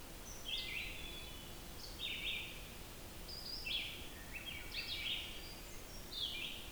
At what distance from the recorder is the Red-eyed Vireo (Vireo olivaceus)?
about 60 m